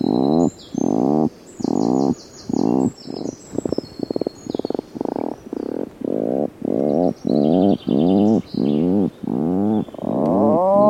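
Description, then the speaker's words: Atlantic puffin growling call, a chugging series of buzzy low pulses with a brief rapid stuttering burst midway, while faint high calls of other birds sound above. Given after the eggs are laid, from inside the nesting burrow; a growling call likened to a softer chainsaw; recorded in Scotland. "Als de eieren eenmaal zijn gelegd, trekt de papegaaiduiker zich terug in het broedhol en hebben ze een grommende roep die vaag doet denken aan het geluid van een kettingzaag, maar dan zachter."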